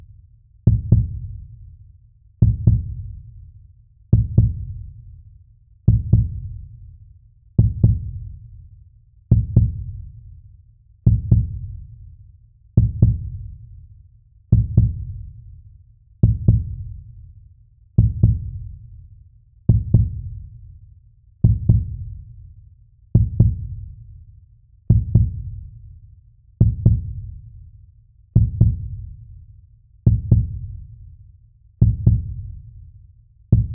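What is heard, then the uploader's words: A human heartbeat thumps in a slow, perfectly even rhythm, roughly one beat every second and three-quarters. Each beat is a deep, muffled double knock that fades into a low hum before the next. The sound stays dark, with nothing else around it. The steady, soothing rhythms of a human heartbeat. This episode features only the sound of a heartbeat, with no dialogue or voice.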